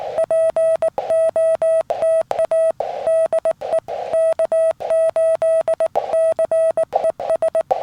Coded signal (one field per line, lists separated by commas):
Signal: Morse code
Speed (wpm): 19 wpm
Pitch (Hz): 650 Hz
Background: none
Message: POTA DE K8CES